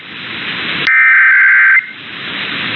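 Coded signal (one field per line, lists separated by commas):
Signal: Emergency Alert System (SAME) tones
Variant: header bursts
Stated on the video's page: Los Angeles monthly EAS test captured on 12 AM radio stations.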